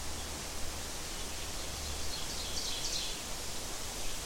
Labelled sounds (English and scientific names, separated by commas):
Ovenbird (Seiurus aurocapilla) song